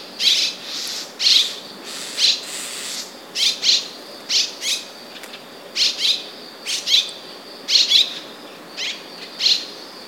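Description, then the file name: Red-rumped swallow calling with brief harsh, buzzy notes, single or paired, repeated irregularly about every second over a quiet background. "Rostgump"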